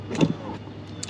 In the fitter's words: There you go. Pops right out.